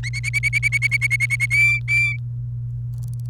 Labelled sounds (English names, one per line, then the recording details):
Domestic Canary song
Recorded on 29 April 2018 at 14:49
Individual llb3